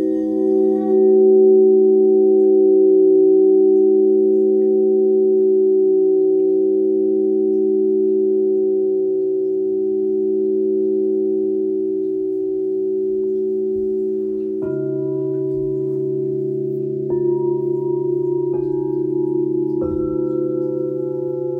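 Singing bowls sustain a warm, steady hum, with a slow pulsing wobble in the low tones and a brighter ring above. After about fifteen seconds, more bowls are struck in turn, near 15, 17, 18.5 and 20 seconds, layering new pitches over the continuing drone.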